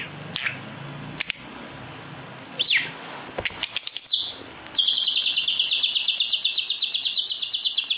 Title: Burung Lovebird Juara Nasional Full Isian Gacor